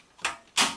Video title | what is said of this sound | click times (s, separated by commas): How to install Motherboard and PSU (Power Supply) in a desktop computer case. | push it in until it snaps in place that's it now | 0.2 s